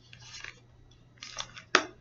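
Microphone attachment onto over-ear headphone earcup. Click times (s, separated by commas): 1.8 s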